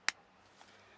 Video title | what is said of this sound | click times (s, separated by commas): Preparing to take your newborn home from hospital with Dahlas from Body Fabulous | so first side you may not hear a click but when the second side goes in you'll hear this big click that means both the harness buckle are now logged in | 0.1 s